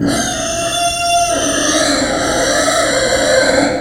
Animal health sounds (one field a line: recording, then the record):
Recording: squeal of a Yucatan mini pig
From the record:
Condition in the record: before surgery on the right vocal fold (resection and tissue-engineered implant)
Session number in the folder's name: 3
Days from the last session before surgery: 0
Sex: female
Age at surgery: 19 weeks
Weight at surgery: 25 kg